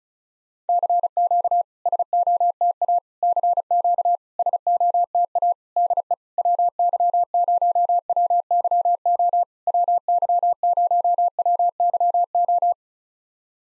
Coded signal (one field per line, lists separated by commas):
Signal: Morse code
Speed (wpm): 36 wpm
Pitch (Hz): 700 Hz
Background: none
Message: CQ SOTA CQ SOTA DE WY0WYO WY0WYO